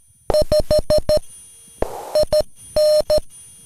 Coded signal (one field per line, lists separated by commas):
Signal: Morse code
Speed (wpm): 14 wpm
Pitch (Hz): 610 Hz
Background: none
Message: 5 IN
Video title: (tr)uSDX CW POTA in San Angelo State Park - K-3053